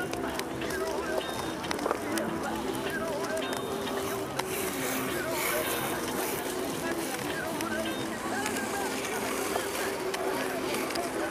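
Hundreds of people go about their activities on the Tempelhofer Freiheit in Berlin, a steady, dense murmur of many voices blending together. Scattered brighter calls and clicks pop out now and then, with a faint low hum running underneath throughout.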